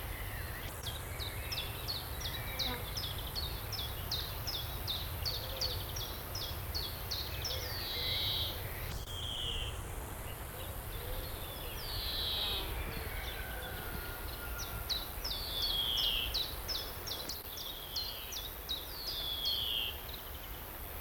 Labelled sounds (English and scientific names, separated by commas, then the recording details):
European Greenfinch (Chloris chloris) call
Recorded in the wild
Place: Schildow, NSG, Kalktuffgelände am Tegeler Fließ (NSG Schildow), Berlin, DE
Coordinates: 52.642, 13.37
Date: 1992-07-04 11:16
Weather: sonnig (schwül), 24-28°C
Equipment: Marantz CP 430, Sennheiser ME 80, Kopie Tesla B 116
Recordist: Tembrock, Günter